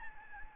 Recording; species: mosquito wingbeat signal from an infrared sensor; Aedes albopictus